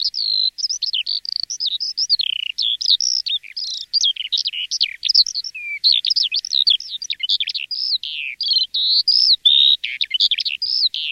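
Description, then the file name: Woodlark singing a rapid flow of warbled notes and slurred whistles that rise and fall throughout. "alouette lulu"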